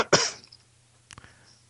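An adult coughing: one sharp, loud cough burst, followed by a few faint, brief throat sounds.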